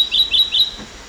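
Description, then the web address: Olivaceous greenlet song fragment, three quick high chirps rising and falling, evenly spaced within one second. Recorded in Ecuador. "Natures Songs S America Birds of Ecuador Olivaceous Greenlet"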